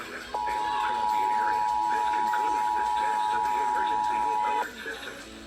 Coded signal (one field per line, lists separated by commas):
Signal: Emergency Alert System (SAME) tones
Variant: 853 and 960 Hz attention tone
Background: speech, music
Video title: (EAS #148-150) South Carolina Required Monthly EAS Test (1/11/2021)